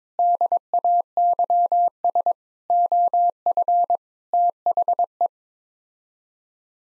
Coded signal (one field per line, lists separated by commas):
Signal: Morse code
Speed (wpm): 22 wpm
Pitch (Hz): 700 Hz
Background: none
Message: DAYS OF THE